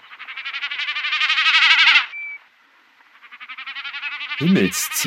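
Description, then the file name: Common snipe drumming: two fast, throbbing pulsed bleats rising in volume, with a brief deep, harsh sound breaking in near the end. "Bekassine"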